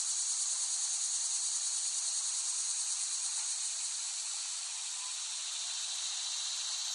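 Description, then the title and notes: Cicadas droning in a continuous high, dense buzz with a steady, slightly pulsing texture throughout. Cicadas in West Brighton, Staten Island, late summer 2008. "Dronecast No. 021: The Cicadas of Summer. Recording of cicadas made by Dan Bodah in West Brighton, Staten Island, late summer 2008"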